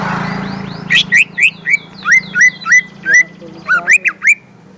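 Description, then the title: Greater green leafbird song: a string of short, upward-hooked whistles repeated rapidly, with a few sharper high notes, over a steady low hum. "Kicau Burung Cucak Ijo"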